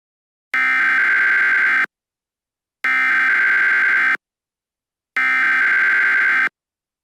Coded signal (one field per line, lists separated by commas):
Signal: Emergency Alert System (SAME) tones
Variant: header bursts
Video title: EAS Scenario - Virus Scenario Part 2